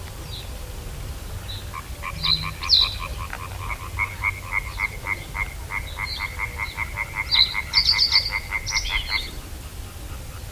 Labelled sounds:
Reed Bunting (Emberiza schoeniclus)

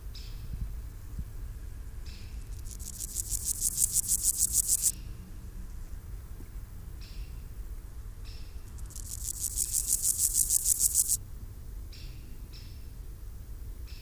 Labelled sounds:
Water-meadow Grasshopper (Chorthippus montanus) stridulation

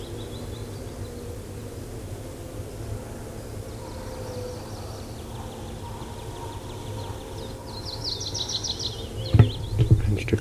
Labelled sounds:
Tree Pipit (Anthus trivialis) song

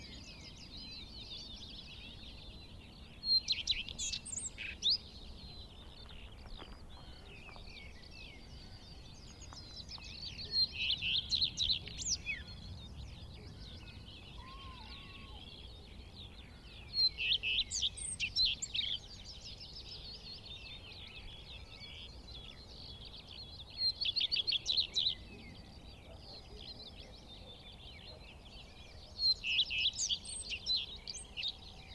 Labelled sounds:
Common Redstart (Phoenicurus phoenicurus) song

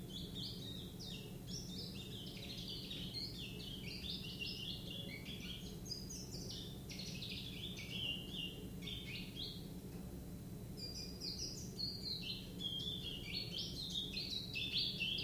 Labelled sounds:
Willow Warbler (Phylloscopus trochilus)

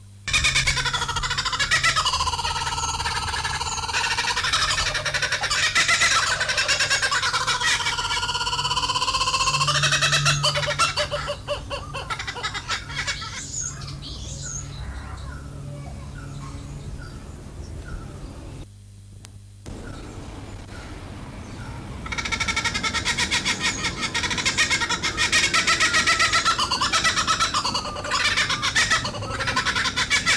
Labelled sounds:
Laughing Kookaburra (Dacelo novaeguineae) call

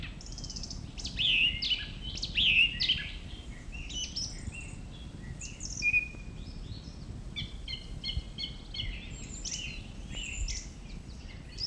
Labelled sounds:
Song Thrush (Turdus philomelos) song

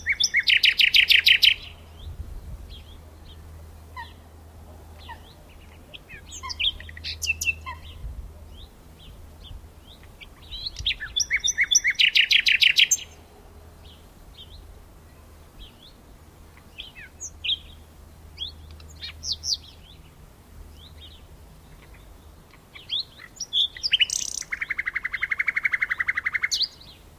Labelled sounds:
Common Nightingale (Luscinia megarhynchos) song

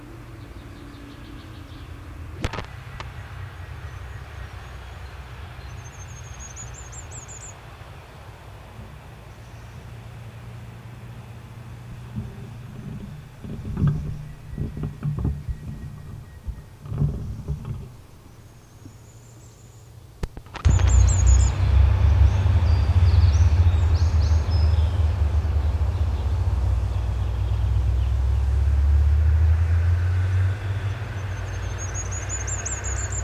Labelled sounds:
Common Firecrest (Regulus ignicapilla)

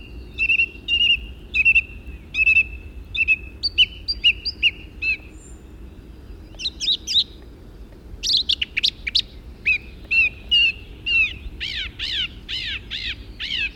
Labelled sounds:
Song Thrush (Turdus philomelos) song

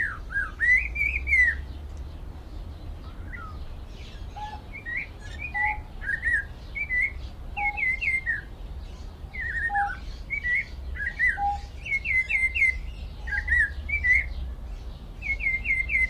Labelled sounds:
Snowy-crowned Robin-Chat (Cossypha niveicapilla) song

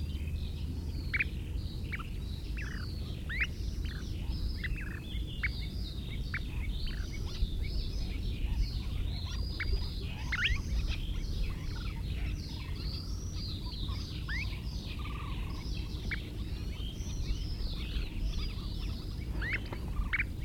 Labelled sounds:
Kentish Plover (Charadrius alexandrinus) call

